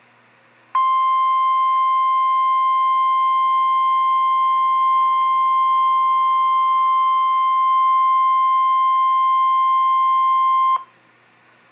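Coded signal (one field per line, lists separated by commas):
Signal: Emergency Alert System (SAME) tones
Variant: 1050 Hz attention tone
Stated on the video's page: Live NOAA Weather Radio capture from station WXJ55, Little Rock forecast office.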